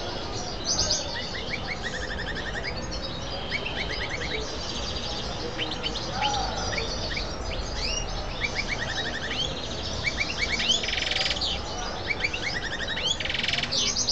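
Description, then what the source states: Canary song with rapid trilled phrases of repeated short notes and scattered chirps over a constant low rumble. Female canary.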